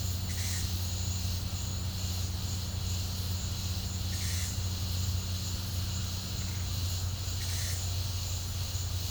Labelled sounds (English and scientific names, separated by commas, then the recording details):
none
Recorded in pastures near Puerto Asís, Putumayo, Colombia, on 15 December 2024 at 11:30
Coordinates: 0.502, -76.324
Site G077